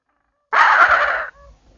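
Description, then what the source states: Brown skua giving one harsh, raspy squawk lasting under a second, followed by a faint, brief nasal trailing note, with silence before and after. Antarctica.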